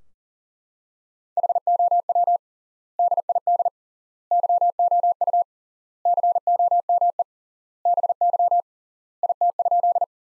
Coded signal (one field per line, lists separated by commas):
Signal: Morse code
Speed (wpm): 40 wpm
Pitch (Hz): 700 Hz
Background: none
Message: HOW DID YOU COME BY IT?